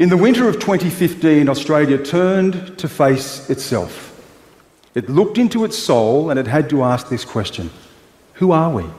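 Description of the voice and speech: A man speaks fluently in a clear, steady voice with natural phrasing and pauses; ordinary speech.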